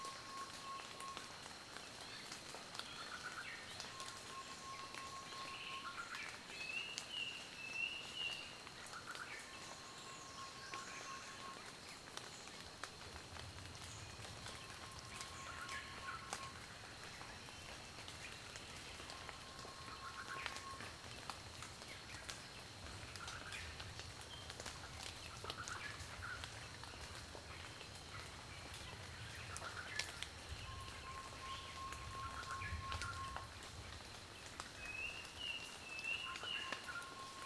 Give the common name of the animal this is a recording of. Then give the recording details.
Klaas's Cuckoo. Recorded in Kibale, Uganda